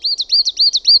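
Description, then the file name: Coal tit song of bright, high, squeaky paired notes, 'see-chu see-chu', repeated briskly and evenly through the whole short excerpt. "KUUSITIAINEN"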